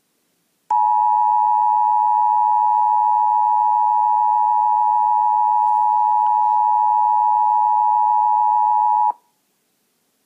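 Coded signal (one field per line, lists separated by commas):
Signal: Emergency Alert System (SAME) tones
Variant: 853 and 960 Hz attention tone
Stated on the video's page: EAS tornado warning interrupting a TV broadcast of The Mr. Men Show.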